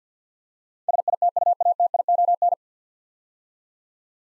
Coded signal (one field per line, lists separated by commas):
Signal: Morse code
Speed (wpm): 50 wpm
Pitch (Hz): 700 Hz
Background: none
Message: SITUATION